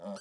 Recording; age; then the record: pig call; piglet (1 to 25 days)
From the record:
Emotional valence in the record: negative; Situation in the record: short isolation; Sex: male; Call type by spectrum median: low-frequency call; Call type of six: mixed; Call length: 0.21 s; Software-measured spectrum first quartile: 315 Hz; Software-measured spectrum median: 591 Hz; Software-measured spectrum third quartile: 1350 Hz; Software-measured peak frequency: 588 Hz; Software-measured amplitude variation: 85 dB a second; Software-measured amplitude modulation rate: 7.2 a second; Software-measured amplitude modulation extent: 11.7 dB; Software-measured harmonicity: 5.4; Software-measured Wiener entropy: -0.92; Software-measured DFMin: 969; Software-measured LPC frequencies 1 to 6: 599, 1351, 3149, 4302, 4676, 5676 Hz